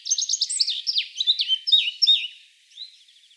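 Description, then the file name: Eurasian blackcap singing a rapid series of loud, clear notes with quick pitch slides, ending with a few softer notes. "Sylvia atricapilla"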